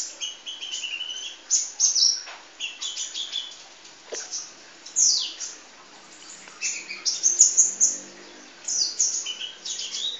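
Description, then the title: Oriental magpie-robin song: a long, varied sequence of high whistles, downslurred notes and rapid chattering phrases, broken by short silent gaps. "Kicau Kacer"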